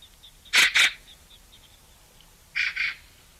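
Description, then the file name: Eurasian magpie giving harsh calls in two pairs, loud rasping notes, a quiet gap of nearly two seconds between pairs. "Pica pica"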